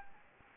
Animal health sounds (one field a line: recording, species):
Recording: mosquito wingbeat signal from an infrared sensor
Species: Anopheles gambiae